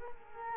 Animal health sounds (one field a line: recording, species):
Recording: mosquito wingbeat signal from an infrared sensor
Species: Culex quinquefasciatus